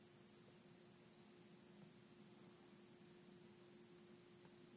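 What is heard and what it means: A laptop key's plastic retainer clip has its top side hooked onto the keyboard tabs and is positioned by hand on an Apple MacBook Pro Retina keyboard. Only a steady low hiss with a constant hum is heard, with no sudden sounds. Nothing has seated or clicked yet.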